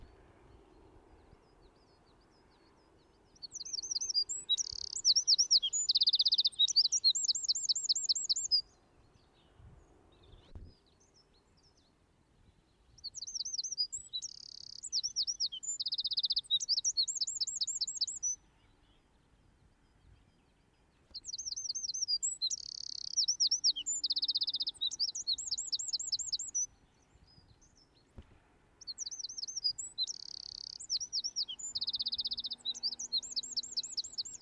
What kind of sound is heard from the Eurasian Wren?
song